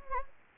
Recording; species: mosquito wingbeat signal from an infrared sensor; Anopheles gambiae